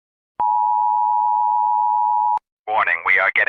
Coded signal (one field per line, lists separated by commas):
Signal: Emergency Alert System (SAME) tones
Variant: 853 and 960 Hz attention tone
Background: speech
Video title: HAZ-096 "Organ Alternation" EAS Scenario